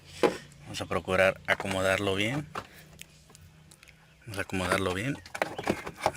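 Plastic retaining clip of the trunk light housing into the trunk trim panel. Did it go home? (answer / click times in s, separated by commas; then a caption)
yes / 6.1 s. On a Chevrolet Spark / Beat, the plastic retaining clip of the original trunk light housing is lined up with the hole in the trunk trim panel and pushed in. Someone talks while light plastic taps and handling sounds are heard. A click at 6.1 s shows the clip has seated.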